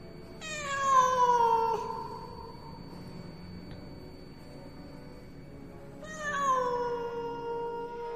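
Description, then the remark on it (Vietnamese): A cat, stopping at a door after being chased off with a stick, lets out two long, loud yowls, each starting high and sliding downward in pitch, with a quiet stretch of low background noise between them. “Ra đến cửa, nó lại dừng lại, đứng đó kêu lên một tiếng thật to rồi chạy mất.”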